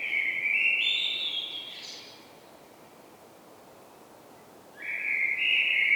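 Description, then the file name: Common blackbird: a loud high whistled phrase rising in steps, a long quiet gap, then a strong high phrase resumes toward the end. "Turdus merula"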